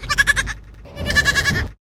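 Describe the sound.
Goat bleats, one short tremulous cry followed after a gap of low background noise by a longer, shaky bleat.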